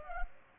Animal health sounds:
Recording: mosquito wingbeat signal from an infrared sensor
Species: Culex pipiens

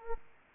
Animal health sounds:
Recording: mosquito wingbeat signal from an infrared sensor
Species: Aedes aegypti

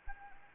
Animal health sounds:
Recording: mosquito wingbeat signal from an infrared sensor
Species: Anopheles arabiensis

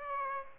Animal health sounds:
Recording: mosquito wingbeat signal from an infrared sensor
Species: Aedes aegypti

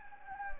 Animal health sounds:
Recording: mosquito wingbeat signal from an infrared sensor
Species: Anopheles gambiae

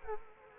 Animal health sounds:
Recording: mosquito wingbeat signal from an infrared sensor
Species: Anopheles arabiensis

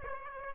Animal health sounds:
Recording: mosquito wingbeat signal from an infrared sensor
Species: Aedes aegypti

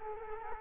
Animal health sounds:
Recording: mosquito wingbeat signal from an infrared sensor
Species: Culex quinquefasciatus

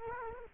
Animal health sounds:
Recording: mosquito wingbeat signal from an infrared sensor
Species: Culex quinquefasciatus

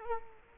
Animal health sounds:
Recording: mosquito wingbeat signal from an infrared sensor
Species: Culex quinquefasciatus

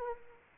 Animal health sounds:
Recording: mosquito wingbeat signal from an infrared sensor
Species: Anopheles arabiensis

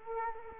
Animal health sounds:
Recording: mosquito wingbeat signal from an infrared sensor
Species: Culex quinquefasciatus

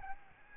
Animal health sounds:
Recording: mosquito wingbeat signal from an infrared sensor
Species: Aedes albopictus

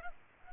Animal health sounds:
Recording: mosquito wingbeat signal from an infrared sensor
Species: Culex pipiens

